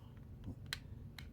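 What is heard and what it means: A plastic side exhaust piece is popped into place under the rocker panel of a Burago Dodge Viper diecast model car body. Faint ticks lead up to a sharp snap at 0.7 s as the exhaust seats, followed by a softer snap at 1.2 s.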